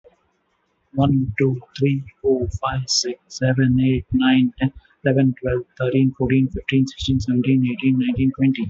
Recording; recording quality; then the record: counting at a normal pace; moderate, slight background noise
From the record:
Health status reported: healthy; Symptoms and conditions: none ticked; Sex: male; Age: 59 years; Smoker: not ticked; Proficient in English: yes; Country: India